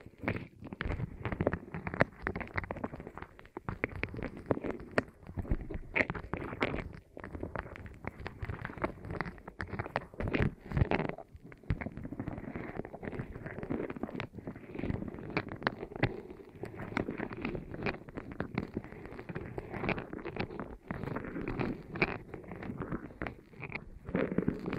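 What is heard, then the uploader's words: Rolling sounds for ASMR: a dense, continuous rumble of soft friction that swells and fades unevenly over the 25 seconds. Low and mid tones dominate, with frequent small clicks and taps scattered throughout and brief drops near 3 and 11 seconds. ASMR Rolling On Your Ears (No Talking).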